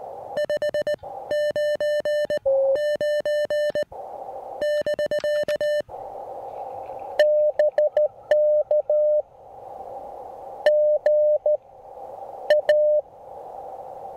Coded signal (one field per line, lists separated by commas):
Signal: Morse code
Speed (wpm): 18 wpm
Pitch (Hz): 600 Hz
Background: music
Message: 599 <BK> BK GA